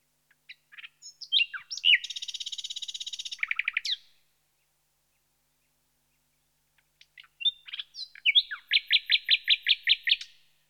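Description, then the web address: Common nightingale song: a few thin introductory notes, then a dense buzzy rattle, a pause, then a phrase of loud repeated chuckling notes. "The BBC Sound Effects Library. Nightingale"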